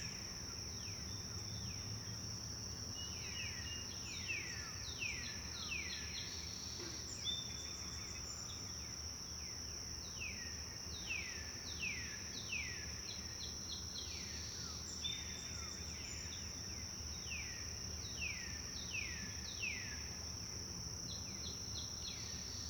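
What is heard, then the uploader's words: Birds chirp softly and repeatedly, with quick downward-sweeping calls coming in clusters every second or two throughout. A steady high insect whine holds underneath the whole time, over a low, constant rumble. Birds Chirping Softly.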